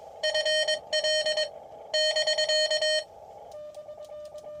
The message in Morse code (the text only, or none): FL <BK>